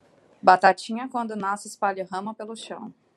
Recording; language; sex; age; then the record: short text; Brazilian Portuguese; female; 30 to 39 years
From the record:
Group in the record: control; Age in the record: 30 years